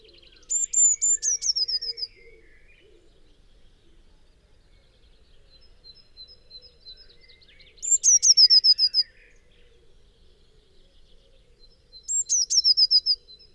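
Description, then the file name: Eurasian blue tit song, three phrases spaced several seconds apart, each a piercing high note tumbling into a fast descending trill, with faint twittering in between. "Cyanistes caeruleus"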